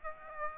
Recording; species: mosquito wingbeat signal from an infrared sensor; Aedes aegypti